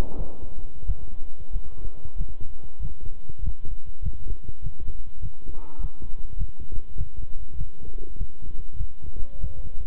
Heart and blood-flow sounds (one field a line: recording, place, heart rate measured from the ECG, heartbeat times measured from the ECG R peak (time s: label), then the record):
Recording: heart sounds by stethoscope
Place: between the tricuspid and mitral areas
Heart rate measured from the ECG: 97 bpm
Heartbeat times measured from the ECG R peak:
0.16 s: heartbeat
0.85 s: heartbeat
1.51 s: heartbeat
2.16 s: heartbeat
2.79 s: heartbeat
3.41 s: heartbeat
4.01 s: heartbeat
4.61 s: heartbeat
5.20 s: heartbeat
5.79 s: heartbeat
6.36 s: heartbeat
6.96 s: heartbeat
7.56 s: heartbeat
8.16 s: heartbeat
8.76 s: heartbeat
9.39 s: heartbeat
From the record:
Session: walking at 3.7 km/h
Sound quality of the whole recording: good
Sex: male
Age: 26 years